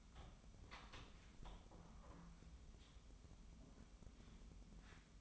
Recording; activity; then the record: daily activity, microphone in the room; open door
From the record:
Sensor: 1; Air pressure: 1005.0 hPa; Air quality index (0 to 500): 92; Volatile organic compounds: 2 ppm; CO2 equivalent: 1260 ppm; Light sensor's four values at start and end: 10/25/10/11 and 10/25/10/11